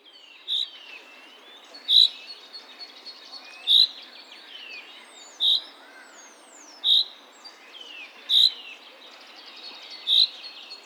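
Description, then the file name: Common chaffinch giving short bright call notes, roughly one every one and a half seconds, repeated steadily over faint background birds and hiss. "Fringilla coelebs"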